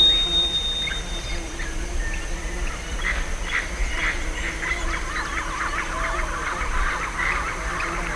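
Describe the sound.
Bird calls: a run of rough, squawky notes that grows busier in the second half and repeats rapidly, set against a low steady hum.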